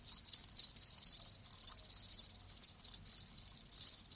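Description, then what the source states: Several crickets chirping in bright, overlapping pulsed bursts, a dense high trill rising and falling in loudness. Live crickets chirping.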